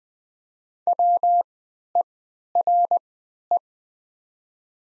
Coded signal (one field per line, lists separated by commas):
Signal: Morse code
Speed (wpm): 20 wpm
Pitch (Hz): 700 Hz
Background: none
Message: WERE